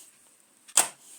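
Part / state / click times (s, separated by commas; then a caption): portable night-light lamp onto its magnetic wireless charging base / seated / 0.8 s. A detachable Yeelight portable night-light lamp is put back onto its magnetic wireless charging base. The magnet pulls it on, and it lands with a short, sharp snap at 0.8 s, preceded by a faint tick. The lamp is seated in place on the base.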